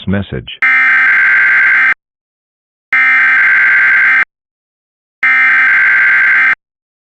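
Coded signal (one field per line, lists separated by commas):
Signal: Emergency Alert System (SAME) tones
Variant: header bursts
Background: speech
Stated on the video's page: Fictional EAS scenario set in a game remake; simulated.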